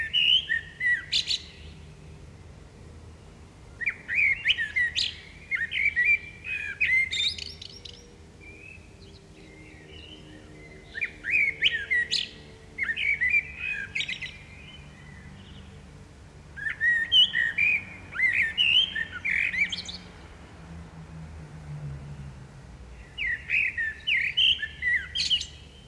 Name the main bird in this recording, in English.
Common Blackbird